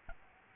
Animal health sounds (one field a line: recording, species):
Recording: mosquito wingbeat signal from an infrared sensor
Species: Aedes albopictus